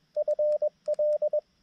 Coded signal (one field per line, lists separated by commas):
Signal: Morse code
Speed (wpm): 20 wpm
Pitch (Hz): 660 Hz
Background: radio noise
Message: FL